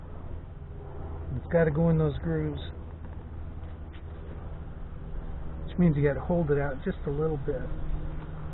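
A metal retaining clip is being worked into the grooves that hold a fuel injector in the fuel rail of a Triumph Speed Four motorcycle. Someone talks over a steady low hum, with a couple of faint ticks near 3.1 seconds. Nothing has clicked or seated yet.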